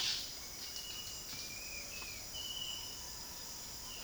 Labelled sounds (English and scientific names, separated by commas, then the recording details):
White-bearded Manakin (Manacus manacus), Bright-rumped Attila (Attila spadiceus), Yellow-crowned Tyrannulet (Tyrannulus elatus)
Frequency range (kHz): White-bearded Manakin (Manacus manacus) 0.5-8.8 kHz; Yellow-crowned Tyrannulet (Tyrannulus elatus) 1.7-3.2 kHz
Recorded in dense forest near Puerto Asís, Putumayo, Colombia, on 18 February 2024 at 07:30
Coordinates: 0.481, -76.318
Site G6421